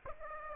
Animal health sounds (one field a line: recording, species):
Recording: mosquito wingbeat signal from an infrared sensor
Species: Aedes aegypti